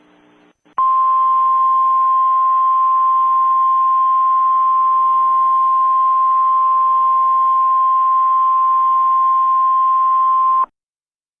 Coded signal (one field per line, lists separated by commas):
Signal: Emergency Alert System (SAME) tones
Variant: 1050 Hz attention tone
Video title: Terrible Reaction: a EAS scenario